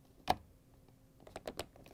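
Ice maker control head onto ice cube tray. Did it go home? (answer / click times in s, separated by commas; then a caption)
yes / 0.3 s. The plastic control head of an ice maker is pushed back onto a reassembled Samsung DA63-02284B ice cube tray and snaps into place with a loud, sharp click at 0.3 s. A few quieter clicks and taps follow between about 1.4 and 1.9 s. The control head is seated.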